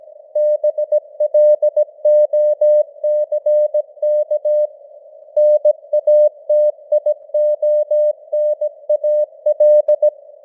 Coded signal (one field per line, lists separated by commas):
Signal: Morse code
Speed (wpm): 17 wpm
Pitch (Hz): 600 Hz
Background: none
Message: BLOCK NATIONAL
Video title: Morse Code News | 2025-10-07 | 17wpm